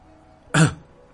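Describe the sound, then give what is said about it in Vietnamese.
A single short, dry, feeble cough from the character Lăng Tiếu bursts out abruptly and fades within a fraction of a second, leaving quiet before and after. “Lăng Tiếu ho khan một tiếng, hữu khí vô lực nói.”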